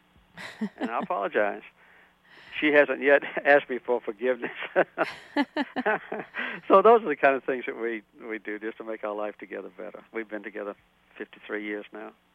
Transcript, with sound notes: And I apologize. She hasn't yet asked me for forgiveness!
(LAUGHTER)
So those are the kind of things that we do just to make our life together better. We've been together 53 years now.